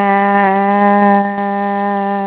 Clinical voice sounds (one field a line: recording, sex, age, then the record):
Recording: sustained vowel /a/ by telephone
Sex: female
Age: 30 to 39 years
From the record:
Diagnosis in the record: healthy control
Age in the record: 34 years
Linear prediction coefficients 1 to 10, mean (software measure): 1.82, -1.53, 0.78, -0.20, -0.12, -0.07, 0.14, 0.20, -0.19, -0.02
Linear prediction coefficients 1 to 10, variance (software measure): 0.041, 0.205, 0.284, 0.201, 0.072, 0.025, 0.030, 0.026, 0.015, 0.005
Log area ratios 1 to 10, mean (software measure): -2.38, 1.97, -0.76, 0.79, -0.34, -0.67, -0.26, 0.37, 0.42, 0.03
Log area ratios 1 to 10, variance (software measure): 0.037, 0.057, 0.037, 0.154, 0.096, 0.047, 0.045, 0.040, 0.032, 0.021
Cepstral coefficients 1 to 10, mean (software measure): 1.82, 0.15, 0.00, 0.08, -0.07, -0.27, -0.20, 0.17, 0.24, 0.07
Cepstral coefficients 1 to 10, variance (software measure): 0.041, 0.035, 0.006, 0.003, 0.005, 0.003, 0.003, 0.001, 0.001, 0.001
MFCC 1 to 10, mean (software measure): -3.42, 1.75, -0.74, 0.10, -0.56, 0.66, 1.24, -0.64, -0.36, -0.08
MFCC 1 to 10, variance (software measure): 0.698, 0.033, 0.031, 0.023, 0.019, 0.014, 0.055, 0.009, 0.025, 0.037